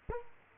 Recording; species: mosquito wingbeat signal from an infrared sensor; Culex quinquefasciatus